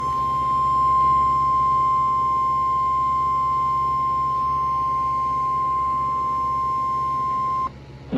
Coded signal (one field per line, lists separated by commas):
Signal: Emergency Alert System (SAME) tones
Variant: 1050 Hz attention tone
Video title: (EAS #360) Severe Thunderstorm Warning for Walworth, Wisconsin